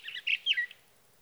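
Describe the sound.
Sage thrasher giving a brief fragment of warbling song, a quick jumble of slurred, chattering notes.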